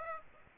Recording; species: mosquito wingbeat signal from an infrared sensor; Aedes aegypti